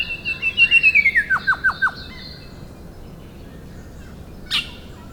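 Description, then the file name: Rufous shrikethrush calls: a gliding whistle falling into four quick descending notes, followed by quiet and one brief high note later. "Colluricincla Rufogaster"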